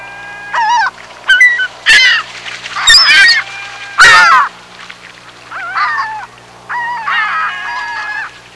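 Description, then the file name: Birds calling with loud, nasal honks and wavering cries in irregular bursts, over a low steady hum. "uccelli birds"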